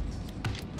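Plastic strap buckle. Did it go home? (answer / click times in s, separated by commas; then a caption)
no / none. A plastic side-release buckle on a saddlebag strap is being handled on the seat of a Ducati Monster 821, about to be clipped into its mating half after the saddlebags have been thrown over the seat and secured with the supplied loops. Over steady background music, soft handling noises are broken by brief sharp ticks near 0.3, 0.5 and 0.6 s, the loudest near 0.5 s. The buckle has not clicked or seated yet.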